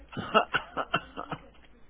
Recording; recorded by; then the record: voluntary cough; telephone call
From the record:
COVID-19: negative